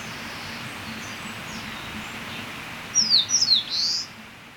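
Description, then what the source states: Eastern crowned warbler song, a short burst of high sharp slurred notes ending in a longer note, after a quiet stretch of steady hiss. Recorded on 30 April 2017.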